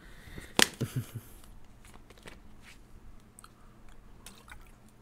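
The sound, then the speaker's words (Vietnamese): A sharp click followed by a few soft gulping swallows, then quiet with faint wet mouth sounds and light clicks, as a speaker takes a sip of water. “À quên, đợi chút mình uống hớp nước đã.”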